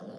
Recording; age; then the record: pig call; piglet (1 to 25 days)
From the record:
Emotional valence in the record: negative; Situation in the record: short isolation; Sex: female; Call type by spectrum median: low-frequency call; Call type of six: low-frequency stable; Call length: 0.19 s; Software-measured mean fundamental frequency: 64 Hz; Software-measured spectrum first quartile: 215 Hz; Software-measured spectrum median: 404 Hz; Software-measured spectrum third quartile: 632 Hz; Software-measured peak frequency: 201 Hz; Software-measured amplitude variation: 104 dB a second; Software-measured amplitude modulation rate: 10.7 a second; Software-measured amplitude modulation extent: 9.7 dB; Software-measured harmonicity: 2.0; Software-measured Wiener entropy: 0.08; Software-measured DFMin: 961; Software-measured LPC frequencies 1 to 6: 524, 1464, 3237, 4486, 5258, 7521 Hz